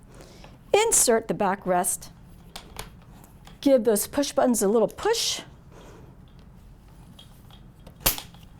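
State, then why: Seated. A STAR rollator's backrest posts are pushed into the frame sockets while their push buttons are pressed in, and someone talks as it goes in. A sharp click at 8.1 s is the buttons snapping out, locking the backrest in place on the frame.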